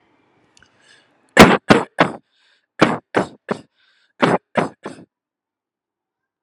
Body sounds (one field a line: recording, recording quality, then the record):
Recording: shallow voluntary cough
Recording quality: excellent, no background noise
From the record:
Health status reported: healthy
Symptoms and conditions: hypertension, diabetes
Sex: male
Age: 65 years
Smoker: not ticked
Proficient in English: yes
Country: India